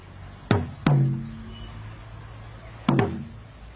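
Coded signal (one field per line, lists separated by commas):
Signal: talking drum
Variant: Asante atumpan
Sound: two pairs of deep resonant drum strokes with slightly bending low pitch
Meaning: Calls the presenter Gus by name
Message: Gus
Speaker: Do Gus again, please. Yeah. Do Gus.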